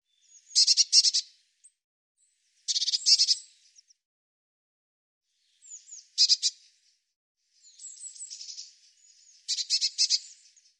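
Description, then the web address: Bird song of dry, high, rattling buzzy trills in short bursts, spaced a few seconds apart, with softer twittering between the louder phrases. "cianscape birddata Deverinetal Bird Cy Ca"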